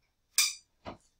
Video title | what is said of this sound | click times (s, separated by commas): (old) 2017- Add,Update Content on RACHEL-Internet Required | but uh hopefully you heard that click I have clicked this into my home router | 0.4 s